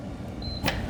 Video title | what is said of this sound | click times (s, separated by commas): PS800-8045 DEMONSTRATION | and then we're going to lock the clamp | 0.7 s